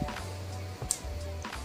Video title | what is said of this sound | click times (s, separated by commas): repairing a shurflo water pump | There we go, you heard that snap. | 0.9 s